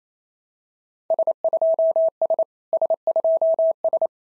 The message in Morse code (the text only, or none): S2S S2S